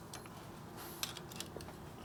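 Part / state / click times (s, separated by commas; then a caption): small engine part rotated into its locating hole in the motorcycle engine / not seated / none. A small metal part on a rebuilt 1941 Knucklehead motorcycle engine is worked with a medium screwdriver, to be rotated until it pops into its locating hole, since it would leak if not rotated in. Short, sharp metallic ticks sound at about 1.0 and 1.4 seconds over a steady low background. Nothing has seated or popped into place yet.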